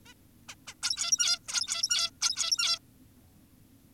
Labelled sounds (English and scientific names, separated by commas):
Zebra Finch (Taeniopygia guttata)